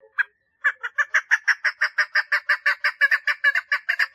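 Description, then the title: Partridge giving one short note, a pause, then a quick rattling series of repeated clucks that continues to the end. "Perdiz Cantando"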